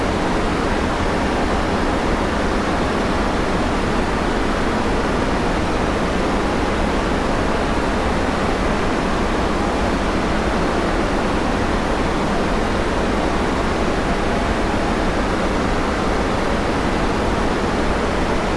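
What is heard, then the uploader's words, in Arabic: A steady hiss of pure, soft white noise runs unchanged for the whole clip, dense and even from low rumble up to bright treble. There are no separate events; the level holds flat throughout, constant. الضجيج الأبيض النقي.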